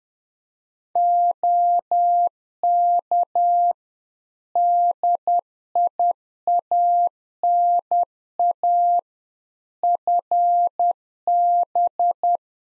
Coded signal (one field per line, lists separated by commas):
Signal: Morse code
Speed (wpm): 10 wpm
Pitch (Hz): 700 Hz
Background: none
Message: OK DIANA FB